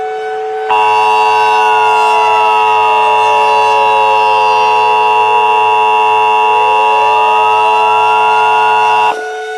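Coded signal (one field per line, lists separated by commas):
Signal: Emergency Alert System (SAME) tones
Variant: 853 and 960 Hz attention tone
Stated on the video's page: Fictional EAS scenario using valid SAME tones; not a real broadcast.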